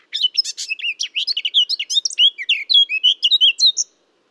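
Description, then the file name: Eurasian blackcap song: a fast jumble of scratchy chattering notes flowing into clearer whistled phrases, ending abruptly just before four seconds. "Sylvia atricapilla"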